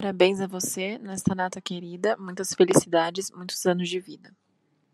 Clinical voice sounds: short text; Brazilian Portuguese; male; 20 to 29 years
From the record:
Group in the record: control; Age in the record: 23 years

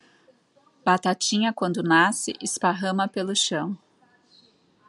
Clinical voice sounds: short text; Brazilian Portuguese; female; 40 to 49 years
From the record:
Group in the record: control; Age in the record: 45 years

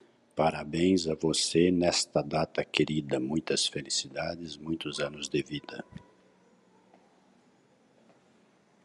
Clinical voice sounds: short text; Brazilian Portuguese; male; 50 to 59 years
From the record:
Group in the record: control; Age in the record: 51 years

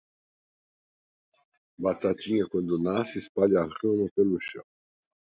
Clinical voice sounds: short text; Brazilian Portuguese; male; 60 to 69 years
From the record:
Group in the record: control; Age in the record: 61 years

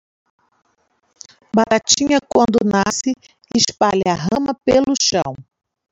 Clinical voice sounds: short text; Brazilian Portuguese; female; 50 to 59 years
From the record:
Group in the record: control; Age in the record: 53 years

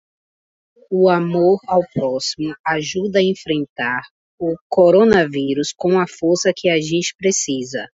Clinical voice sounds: spoken sentence; Brazilian Portuguese; female; 30 to 39 years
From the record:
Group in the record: control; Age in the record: 32 years

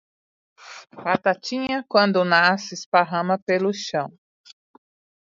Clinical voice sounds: short text; Brazilian Portuguese; female; 40 to 49 years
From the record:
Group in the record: control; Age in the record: 46 years

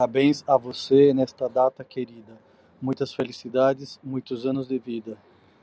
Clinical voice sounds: short text; Brazilian Portuguese; male; 50 to 59 years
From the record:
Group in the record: control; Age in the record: 56 years

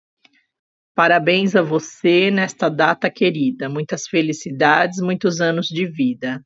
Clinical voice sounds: short text; Brazilian Portuguese; female; 30 to 39 years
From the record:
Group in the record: control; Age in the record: 39 years

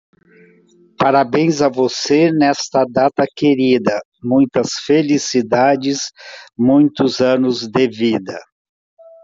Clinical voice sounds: short text; Brazilian Portuguese; male; 70 to 79 years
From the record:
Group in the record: control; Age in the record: 71 years

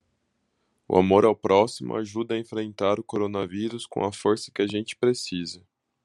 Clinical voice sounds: spoken sentence; Brazilian Portuguese; male; 30 to 39 years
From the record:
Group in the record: control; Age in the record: 31 years

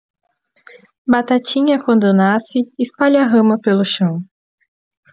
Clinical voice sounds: short text; Brazilian Portuguese; female; 20 to 29 years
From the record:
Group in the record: control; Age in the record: 21 years

